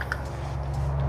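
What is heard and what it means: A DJI Mic Mini wireless receiver is slid into a plastic camera mount for an Insta360 X3 360 camera until it sits home. Two short clicks land at 0.0 s and 0.1 s over a steady low hum, and the receiver ends up seated in the mount.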